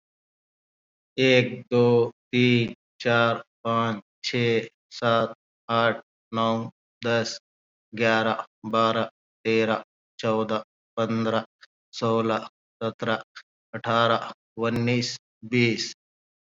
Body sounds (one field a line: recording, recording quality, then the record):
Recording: counting at a normal pace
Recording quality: excellent, no background noise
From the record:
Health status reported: COVID-19 positive, no symptoms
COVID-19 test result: positive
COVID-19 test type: RT-PCR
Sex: male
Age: 44 years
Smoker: yes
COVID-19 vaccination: both doses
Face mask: worn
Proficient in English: no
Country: India